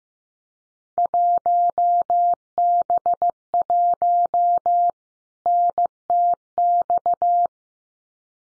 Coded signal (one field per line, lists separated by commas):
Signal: Morse code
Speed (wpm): 15 wpm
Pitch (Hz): 700 Hz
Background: none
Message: 1B1 NTX